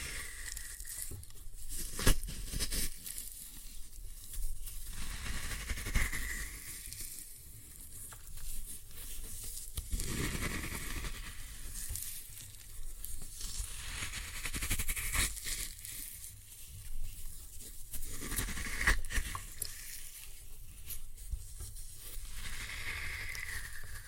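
Floral foam crumbles and crunches in dense, gritty bursts with a sizzling hiss, pausing briefly every few seconds between rough, crackling squeezes.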